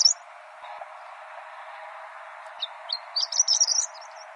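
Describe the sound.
Horned lark calling with thin, high tinkling chirps, mostly a quick cluster of notes in the second half over a steady hiss.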